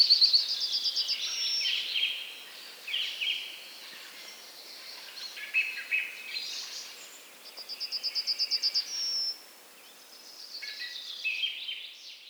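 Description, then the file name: Eurasian wren song in bursts: a fast high trill, scattered chattering notes, then another rattling trill of evenly repeated notes about eight seconds in. "Troglodytes troglodytes"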